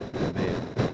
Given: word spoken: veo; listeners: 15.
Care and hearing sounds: one Spanish word in noise, from a listening test; noise modulated by three-talker babble; -5.2 dB; 1 of 15; 6 of 15; 0.55 s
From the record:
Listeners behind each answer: 6, 1, 1, 1, 1, 1, 1, 1, 1, 1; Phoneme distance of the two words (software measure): 14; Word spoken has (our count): 2 syllables, 3 phonemes, stress on syllable 1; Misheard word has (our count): 1 syllable, 3 phonemes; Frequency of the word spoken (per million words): 59.24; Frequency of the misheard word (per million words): 435.76

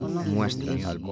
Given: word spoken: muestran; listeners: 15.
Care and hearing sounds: one Spanish word in noise, from a listening test; four-talker babble; 0.0 dB; 0 of 15; 13 of 15; 0.72 s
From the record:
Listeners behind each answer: 13, 2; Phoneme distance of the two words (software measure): 10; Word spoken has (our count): 2 syllables, 8 phonemes, stress on syllable 1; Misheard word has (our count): 2 syllables, 8 phonemes, stress on syllable 1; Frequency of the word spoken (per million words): 37.62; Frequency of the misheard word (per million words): 30.89

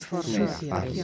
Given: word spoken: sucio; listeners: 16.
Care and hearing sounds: one Spanish word in noise, from a listening test; four-talker babble; -2.5 dB; 0 of 16; 7 of 16; 0.64 s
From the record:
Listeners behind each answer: 7, 4, 1, 1, 1, 1, 1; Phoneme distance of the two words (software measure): 59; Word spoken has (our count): 2 syllables, 5 phonemes, stress on syllable 1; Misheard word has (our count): 2 syllables, 6 phonemes, stress on syllable 1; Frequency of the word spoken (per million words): 11.27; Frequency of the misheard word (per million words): 138.19

